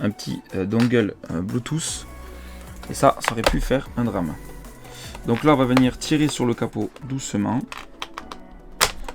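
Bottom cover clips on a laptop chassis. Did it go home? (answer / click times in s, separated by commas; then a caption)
released / 8.0 s, 8.2 s, 8.3 s, 8.8 s, 9.1 s. Someone talks while gently pulling the plastic bottom cover off a Dell G3 3590 laptop, with music playing. The cover's retaining clips on the laptop chassis unsnap one after another as short sharp clicks at 8.0, 8.2, 8.3, 8.8 and 9.1 seconds, releasing the cover.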